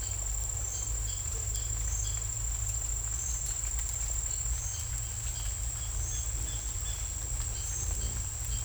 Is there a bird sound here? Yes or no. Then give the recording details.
yes. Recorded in secondary vegetation near Puerto Asís, Putumayo, Colombia, on 16 December 2024 at 08:30. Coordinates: 0.481, -76.318. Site G042